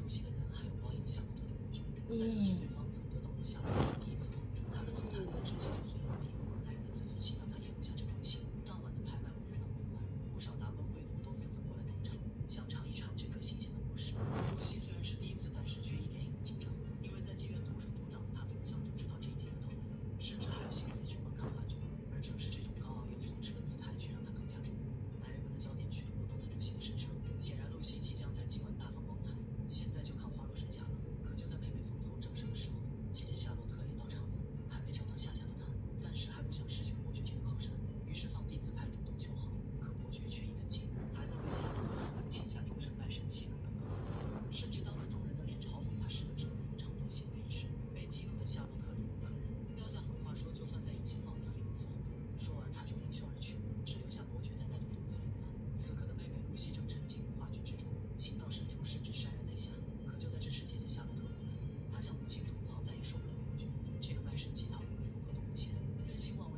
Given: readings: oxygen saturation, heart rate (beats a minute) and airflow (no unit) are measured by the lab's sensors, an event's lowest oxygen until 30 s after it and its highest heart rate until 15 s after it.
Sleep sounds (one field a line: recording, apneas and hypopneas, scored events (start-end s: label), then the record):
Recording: a person awake in a sleep study, by a smartphone at the bedside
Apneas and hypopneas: none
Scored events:
0.00-66.58 s: awake
0.00-66.58 s: awake
From the record:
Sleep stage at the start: awake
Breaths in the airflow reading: 25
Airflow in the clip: -0.6 to 0.7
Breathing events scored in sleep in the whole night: 496 in 5.4 hours asleep